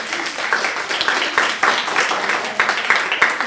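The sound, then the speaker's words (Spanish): A short burst of applause for a student in an Italian language class, with many quick, crisp claps blending into a steady, fairly loud patter that swells and dips slightly over a few seconds. “Aplaudo”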